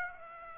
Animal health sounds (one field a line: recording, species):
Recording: mosquito wingbeat signal from an infrared sensor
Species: Aedes aegypti